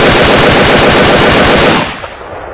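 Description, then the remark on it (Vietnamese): A loud, sustained burst of rapid submachine gun fire into a fern thicket, dozens of sharp cracking shots in quick succession for nearly two seconds, then cutting off into a fading echo. “Qua tiếng súng nổ chát chúa, hắn nghe rõ có tiếng la thất thanh ở phía bụi ráng, rồi tiếng người buông lội ào ào trên mặt xuồng.”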